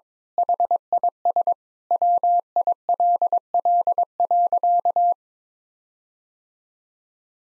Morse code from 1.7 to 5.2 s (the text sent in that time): WILL.